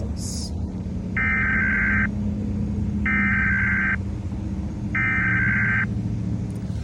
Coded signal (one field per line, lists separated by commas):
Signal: Emergency Alert System (SAME) tones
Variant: header bursts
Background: speech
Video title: Rating eas Alarms